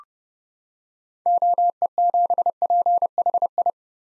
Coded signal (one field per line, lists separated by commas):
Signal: Morse code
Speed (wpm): 30 wpm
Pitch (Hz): 700 Hz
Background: none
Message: OE7PHI